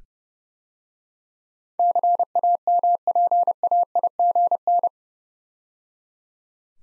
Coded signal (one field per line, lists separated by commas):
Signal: Morse code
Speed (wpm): 30 wpm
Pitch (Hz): 700 Hz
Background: none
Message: CAMPAIGN